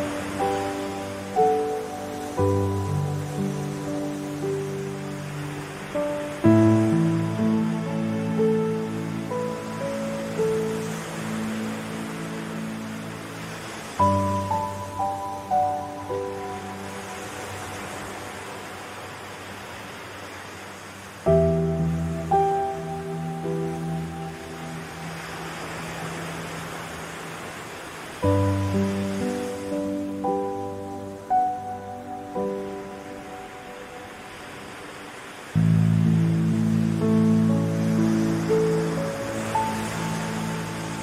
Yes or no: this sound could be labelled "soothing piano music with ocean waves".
yes